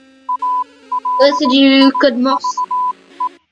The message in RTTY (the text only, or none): none